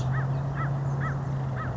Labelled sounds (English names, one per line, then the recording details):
American Crow
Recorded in Sonoma County, California